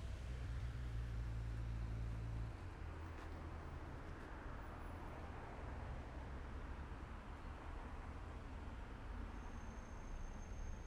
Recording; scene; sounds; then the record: everyday scene through a hearing-aid microphone; in traffic; traffic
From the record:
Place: main road on the outskirts, rush hour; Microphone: behind the ear, left, rear